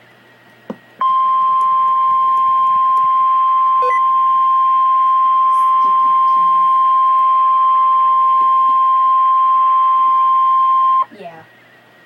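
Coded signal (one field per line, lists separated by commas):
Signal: Emergency Alert System (SAME) tones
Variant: 1050 Hz attention tone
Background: speech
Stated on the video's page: Real Severe Thunderstorm Warning EAS alert.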